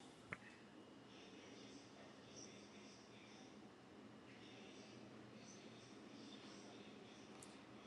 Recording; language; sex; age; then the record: short text; Brazilian Portuguese; female; 60 to 69 years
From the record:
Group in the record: control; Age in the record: 61 years